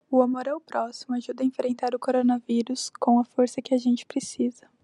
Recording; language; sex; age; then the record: spoken sentence; Brazilian Portuguese; female; 18 to 19 years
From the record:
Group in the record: control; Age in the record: 19 years